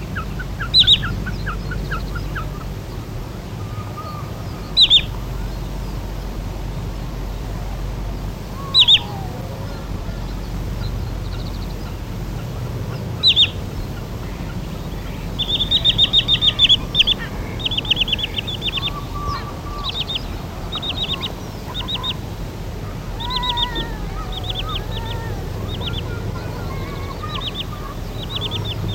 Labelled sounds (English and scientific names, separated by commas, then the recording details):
Wood Sandpiper (Tringa glareola) call
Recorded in the wild
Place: Schweinsberg, DE
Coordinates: 50.765, 8.9675
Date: 1964-04-27
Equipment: Uher Report 4000, AKG D190
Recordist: Krey, Winfried